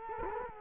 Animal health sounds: mosquito wingbeat signal from an infrared sensor; Culex quinquefasciatus

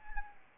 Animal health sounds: mosquito wingbeat signal from an infrared sensor; Anopheles arabiensis

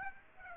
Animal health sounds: mosquito wingbeat signal from an infrared sensor; Aedes aegypti

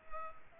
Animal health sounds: mosquito wingbeat signal from an infrared sensor; Culex pipiens

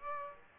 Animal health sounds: mosquito wingbeat signal from an infrared sensor; Aedes aegypti

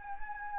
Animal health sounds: mosquito wingbeat signal from an infrared sensor; Anopheles gambiae

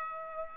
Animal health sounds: mosquito wingbeat signal from an infrared sensor; Aedes albopictus

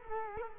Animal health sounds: mosquito wingbeat signal from an infrared sensor; Culex quinquefasciatus

